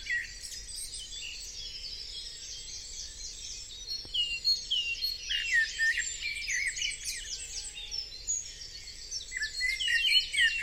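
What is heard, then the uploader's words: A dawn chorus by the Avon river, with many birds singing at once in a dense, overlapping tangle of bright chirps and trills that never lets up. A low, soft rumble sits underneath, and a brief click comes around four seconds. Dawn chorus in Bradford on Avon, Wilts, UK. Starting at 4:40am by the Avon river, then at various points on the river path down to Avoncliff. Recorded on the lovely DPA 4060 microphones on my lapels, or left on benches, with MixPre2.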